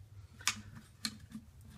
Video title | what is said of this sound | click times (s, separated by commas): ARES SCR Takedown | everything forward until it clicks | 0.5 s